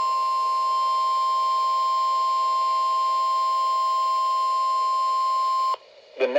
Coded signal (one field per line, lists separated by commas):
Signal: Emergency Alert System (SAME) tones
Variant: 1050 Hz attention tone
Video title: NOAA Weather Radio - Special Marine Warning [EAS #124] (4/14/22)